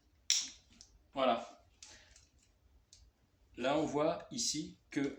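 A crimped metal cable terminal is pushed into the plastic housing of a battery/charger connector on an ALITRAK machine and gives a sharp, loud snap at 0.3 s as it clips onto the spring blade, confirming it is properly seated. Someone then talks.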